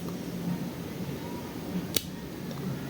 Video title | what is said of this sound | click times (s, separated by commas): How to Pick Locks: A very basic SPP | Nice little click and we're open. | 2.0 s